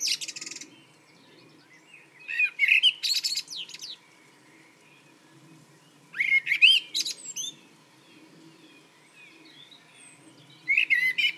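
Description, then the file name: Common blackbird singing, repeated phrases a few seconds apart, each a low fluty warble followed by high, scratchy twittering; faint low rumble beneath. "Turdus merula"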